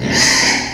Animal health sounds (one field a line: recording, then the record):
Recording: squeal of a Yucatan mini pig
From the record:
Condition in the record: before surgery on the right vocal fold (resection and tissue-engineered implant)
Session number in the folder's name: 2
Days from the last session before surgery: 0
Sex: male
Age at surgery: 12 weeks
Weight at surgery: 13 kg